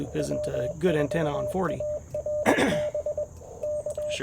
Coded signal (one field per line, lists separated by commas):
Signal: Morse code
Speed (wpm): 23 wpm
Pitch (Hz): 600 Hz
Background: speech, radio noise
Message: W4ARB K